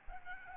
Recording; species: mosquito wingbeat signal from an infrared sensor; Aedes albopictus